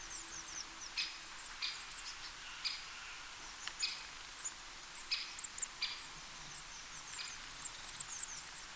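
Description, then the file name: Eurasian blue tit calling, with very high thin notes mixed with short, harsher bursts repeated at irregular intervals, against continuous background hiss. "Cyanistes caeruleus"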